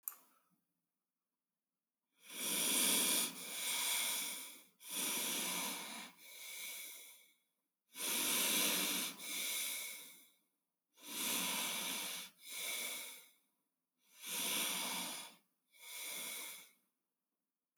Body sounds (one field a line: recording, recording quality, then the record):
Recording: deep breathing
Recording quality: excellent, no background noise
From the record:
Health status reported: respiratory illness, not identified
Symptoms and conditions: hypertension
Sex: male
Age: 40 years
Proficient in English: yes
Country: India